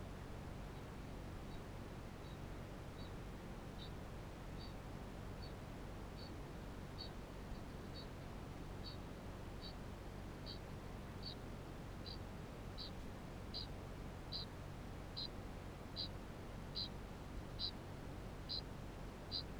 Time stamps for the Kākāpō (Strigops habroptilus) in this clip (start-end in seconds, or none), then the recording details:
0.43-3.25, 3.51-9.07, 9.42-19.59. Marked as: faintness 5/5, faintness 4/5, faintness 3/5. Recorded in New Zealand. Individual Barnard